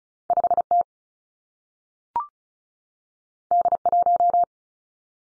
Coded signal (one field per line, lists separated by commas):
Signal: Morse code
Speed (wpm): 36 wpm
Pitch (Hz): 700 Hz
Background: none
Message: 5 T D 1